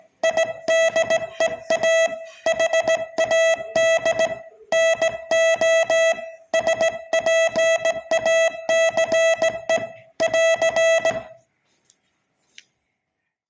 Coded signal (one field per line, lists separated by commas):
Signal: Morse code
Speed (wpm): 16 wpm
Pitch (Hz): 650 Hz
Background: music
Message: IDEA HAD NO SPACE <AR>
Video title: Morse code signalling at 20 words per minute